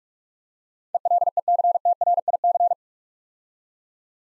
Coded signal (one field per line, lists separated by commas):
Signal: Morse code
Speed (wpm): 44 wpm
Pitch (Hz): 700 Hz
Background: none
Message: ELECTRIC